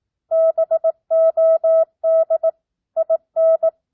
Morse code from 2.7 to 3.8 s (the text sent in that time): IN